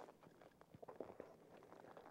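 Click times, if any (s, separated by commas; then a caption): none. A ski boot is being fitted into a ski binding, toe in and heel set in the heel cup, with scuffing, shuffling handling sounds and a couple of sharp knocks around 1.0 and 1.2 seconds. The binding has not yet clicked shut and the boot has not seated.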